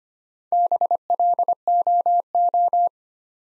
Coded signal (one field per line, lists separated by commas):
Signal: Morse code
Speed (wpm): 25 wpm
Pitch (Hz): 700 Hz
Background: none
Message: BLOO